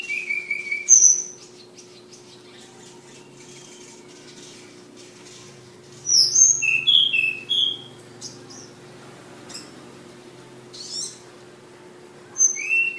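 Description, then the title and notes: Flowerpecker giving scattered high thin whistles and a cluster of sharp chirps midway, with long quiet gaps, faint scratchy noises and a steady low hum. Tledekan (flowerpecker) song of a bird named Ababil, from Kudus; local name also Sulingan. "Tledekan/Sulingan ABABIL. Suara Burung Tledekan Ababil dari Kudus"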